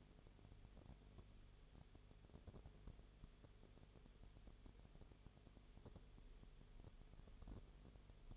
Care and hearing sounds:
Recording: daily activity, microphone in the room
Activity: no activity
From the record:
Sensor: 4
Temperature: 22.0 degrees Celsius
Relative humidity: 29.4%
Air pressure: 1002.1 hPa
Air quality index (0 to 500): 59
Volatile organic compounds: 1 ppm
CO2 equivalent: 609 ppm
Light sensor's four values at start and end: 2/3/1/1 and 2/3/1/1

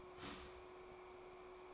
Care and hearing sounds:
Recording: daily activity, microphone in the room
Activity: start toaster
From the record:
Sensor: 1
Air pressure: 1014.7 hPa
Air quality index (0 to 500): 193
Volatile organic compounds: 28 ppm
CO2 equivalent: 2914 ppm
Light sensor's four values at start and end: 4/9/3/3 and 4/9/3/3

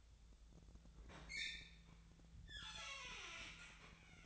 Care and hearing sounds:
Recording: daily activity, microphone in the room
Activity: open fridge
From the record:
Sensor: 3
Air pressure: 1009.6 hPa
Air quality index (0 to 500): 195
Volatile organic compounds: 16 ppm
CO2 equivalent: 2532 ppm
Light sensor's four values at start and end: 33/82/35/37 and 32/81/34/36

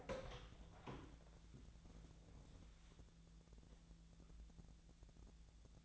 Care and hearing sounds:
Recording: daily activity, microphone in the room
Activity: open door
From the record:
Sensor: 3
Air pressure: 1000.4 hPa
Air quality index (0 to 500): 173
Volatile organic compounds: 3 ppm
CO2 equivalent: 1502 ppm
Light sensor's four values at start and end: 13/31/13/13 and 13/31/13/13

